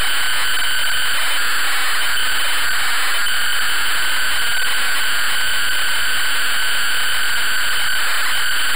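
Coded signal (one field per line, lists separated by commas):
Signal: ZX Spectrum tape loading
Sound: harsh continuous buzzing screech with a raspy mid tone and higher overtone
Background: tape hiss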